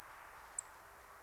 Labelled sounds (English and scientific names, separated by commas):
Song Thrush (Turdus philomelos)